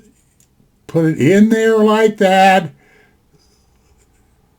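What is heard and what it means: A pocket clip is placed in position on the handle of a Leatherman Charge TTi multitool and lined up, with a faint small tick near the start. Someone talks from about 0.9 to 2.7 seconds. The clip has not snapped or clicked into place yet.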